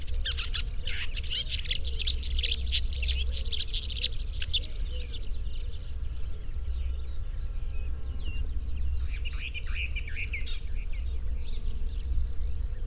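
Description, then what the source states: Birds chirping in rapid, dense twittering bursts early on, then scattered sharper notes, against a constant deep hum. Chirping bird song used to tutor pet birds.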